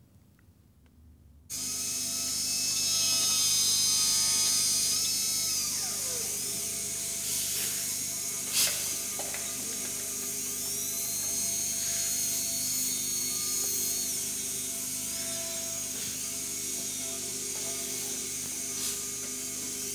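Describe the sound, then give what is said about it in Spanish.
A dentist's drill starts abruptly and whirs steadily with a high, piercing whine, its pitch gliding up and down a few times over a constant mechanical hum. No one speaks. “¿Y ya te ha taladrado?”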